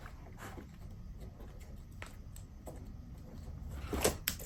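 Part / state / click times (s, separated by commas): fuel line connector on diesel heater fuel pump / released / 4.3 s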